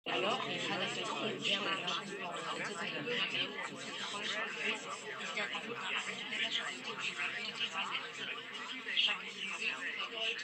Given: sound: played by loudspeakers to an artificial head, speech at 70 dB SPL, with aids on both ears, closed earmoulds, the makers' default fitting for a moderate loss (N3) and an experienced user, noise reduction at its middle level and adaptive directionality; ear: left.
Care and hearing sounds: speech test signal (ISTS) in cocktail-party noise; -6 dB; on the right (90 degrees)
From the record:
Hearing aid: class 1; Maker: I

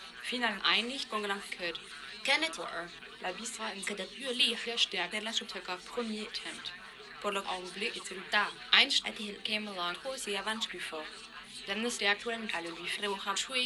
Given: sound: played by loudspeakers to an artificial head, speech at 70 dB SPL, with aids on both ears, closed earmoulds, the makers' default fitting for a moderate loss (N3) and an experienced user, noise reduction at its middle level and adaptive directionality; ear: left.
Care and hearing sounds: speech test signal (ISTS) in cocktail-party noise; +6 dB; in front (0 degrees)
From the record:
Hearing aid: class 1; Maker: E

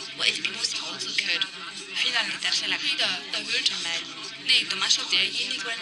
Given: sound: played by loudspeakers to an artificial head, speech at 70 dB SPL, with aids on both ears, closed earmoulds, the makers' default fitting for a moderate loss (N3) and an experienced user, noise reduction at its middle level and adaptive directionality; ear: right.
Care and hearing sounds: speech test signal (ISTS) in cocktail-party noise; -3 dB; on the right (90 degrees)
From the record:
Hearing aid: class 1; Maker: B

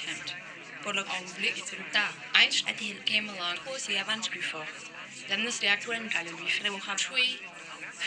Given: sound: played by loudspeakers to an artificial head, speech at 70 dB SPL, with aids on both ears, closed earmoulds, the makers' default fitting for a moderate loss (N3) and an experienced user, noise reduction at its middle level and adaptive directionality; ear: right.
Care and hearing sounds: speech test signal (ISTS) in cocktail-party noise; +6 dB; in front (0 degrees)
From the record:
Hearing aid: class 2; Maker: G

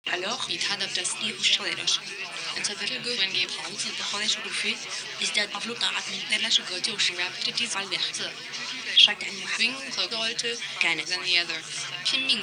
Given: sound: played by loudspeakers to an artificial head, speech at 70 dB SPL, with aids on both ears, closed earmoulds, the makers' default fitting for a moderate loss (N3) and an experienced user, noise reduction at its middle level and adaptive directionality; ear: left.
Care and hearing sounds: speech test signal (ISTS) in cocktail-party noise; +3 dB; in front (0 degrees)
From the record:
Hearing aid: class 2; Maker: A

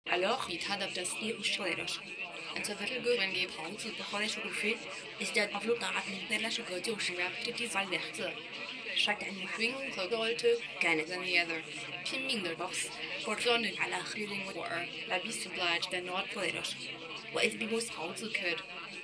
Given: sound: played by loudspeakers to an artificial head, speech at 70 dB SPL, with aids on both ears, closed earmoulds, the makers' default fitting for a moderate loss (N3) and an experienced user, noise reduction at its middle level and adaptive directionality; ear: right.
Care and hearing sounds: speech test signal (ISTS) in cocktail-party noise; +6 dB; in front (0 degrees)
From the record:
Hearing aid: class 2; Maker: C

